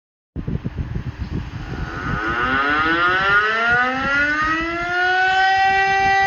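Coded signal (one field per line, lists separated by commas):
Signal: siren signal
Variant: electromechanical siren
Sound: mechanical siren winding up from a low growl to a steady loud wail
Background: outdoor ambience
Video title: siren signal "fire alarm" Republique Thèque DS977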